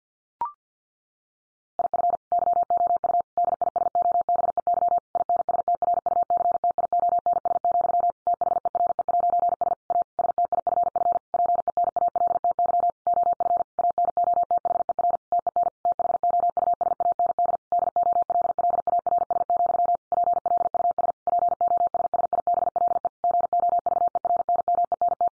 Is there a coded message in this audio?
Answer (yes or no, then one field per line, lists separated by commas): yes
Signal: Morse code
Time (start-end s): 1.8-25.3 s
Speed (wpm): 50 wpm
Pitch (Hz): 700 Hz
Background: none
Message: IF YOU DISOBEY INSTRUCTIONS, THERE'S A STIFF PENALTY OF ANOTHER TEN THOUSAND DOLLARS, PLUS POSSIBLE GOVERNMENT